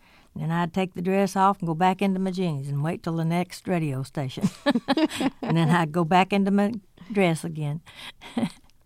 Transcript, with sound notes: And then, I'd take the dress off and go back into my jeans and wait till the next radio station.
(LAUGHTER)
And then, I'd go back into my dress again.